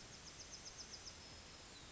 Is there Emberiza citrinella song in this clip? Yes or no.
yes